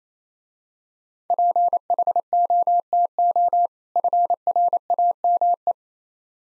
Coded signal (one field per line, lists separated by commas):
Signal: Morse code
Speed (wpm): 27 wpm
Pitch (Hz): 700 Hz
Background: none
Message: PHOTO FRAME